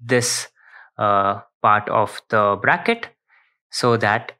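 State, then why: Not seated. Someone talks while handling an LXCN long-neck plastic car phone holder, pressing the trigger part of the bracket so the gripping arms will snap shut and lock. The holder has a matte black finish with a glossy black front. Nothing has seated or clicked yet; only speech is heard.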